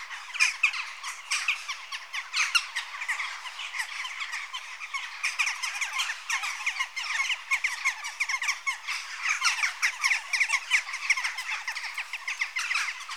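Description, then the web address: Western jackdaw chatter, sharp clipped squawks tumbling over one another in an unbroken, lively stream for the whole stretch. Adult birds. "BBC Sound Effects Library Birds Jackdaw (Corvus Monedula) Adults"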